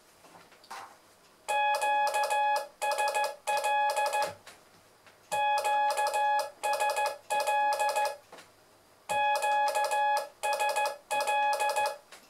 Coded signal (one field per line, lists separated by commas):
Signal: Morse code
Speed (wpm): 15 wpm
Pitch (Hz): 840 Hz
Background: none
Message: QSL QSL QSL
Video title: complément de : '' le morse c est facile''